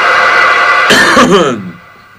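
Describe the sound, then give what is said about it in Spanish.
A brief fit of harsh, raspy coughing, two or three quick bursts tangled together, rising over a steady humming background before trailing off into quiet. “No toses así.”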